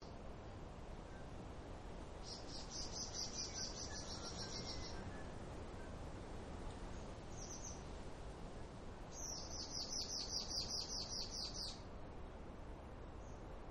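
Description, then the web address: Bird giving high, rapid buzzy trills, each lasting about two to three seconds, with a brief chirp between them, over a constant rushing background. Near the sea. "Partners In Rhyme Birds Near Sea Loop"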